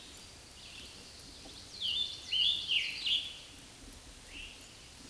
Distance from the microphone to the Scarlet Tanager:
about 10 m